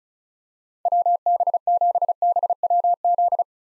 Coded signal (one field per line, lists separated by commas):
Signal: Morse code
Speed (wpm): 36 wpm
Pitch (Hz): 700 Hz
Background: none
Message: WB7BWZ